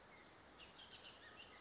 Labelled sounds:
Bullock's Oriole (Icterus bullockii)
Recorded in Sonoma County, California

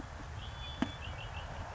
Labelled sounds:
Red-winged Blackbird (Agelaius phoeniceus)
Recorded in Sonoma County, California

